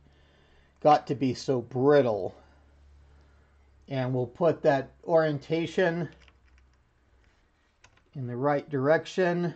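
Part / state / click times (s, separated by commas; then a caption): type ball element onto typewriter carrier post / not seated / none. The brittle plastic type ball of an IBM Correcting Selectric III typewriter is handled and turned to the correct orientation on its carrier post, before being pulled up and clicked in. Someone talks, and a few faint handling taps are heard between about 6.3 and 8.0 seconds. The ball has not yet seated or clicked in.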